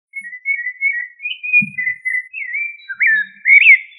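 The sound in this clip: Thrush singing a string of short whistled notes and slurred phrases that rise and dip, with one brief low thump partway through.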